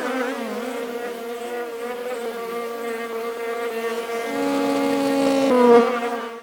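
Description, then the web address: Bee buzzing, a steady droning hum that wavers slightly and grows louder near the end before fading. "пчела"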